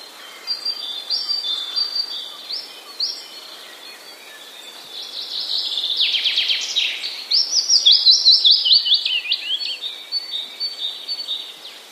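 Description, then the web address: Willow warbler giving a few short high notes, then fuller song phrases that tumble downward. Recorded on 10 May 2015. "wroblowe kontra piecuszek 10 05 2015"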